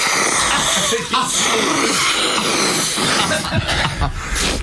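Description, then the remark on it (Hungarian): Harsh, breathy snorting of pepper through the nose runs throughout, with sharp noisy bursts that sound like sneezes and snorts near the end. “Viszont én is fogok 10-ig tüsszögni ettől.”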